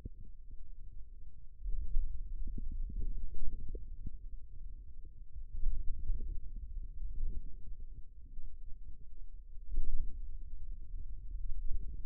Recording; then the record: forearm muscle sounds (acoustic myography)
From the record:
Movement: finger pinch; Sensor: system 2, bracelet of six BSWA MPA416 microphones around the upper forearm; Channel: 2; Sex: male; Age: 22 years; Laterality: right